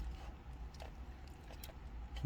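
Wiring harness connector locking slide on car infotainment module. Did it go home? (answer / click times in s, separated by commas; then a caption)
no / none. Someone tries to push the locking slide on a wiring-harness connector behind the MMI infotainment unit of an Audi B8.5 S5, but the slide will not move. Only small handling taps are heard over a low background rumble, with sharper ticks near 1.6 s and 2.2 s. Nothing has seated or locked yet.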